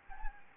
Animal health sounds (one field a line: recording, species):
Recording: mosquito wingbeat signal from an infrared sensor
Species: Anopheles gambiae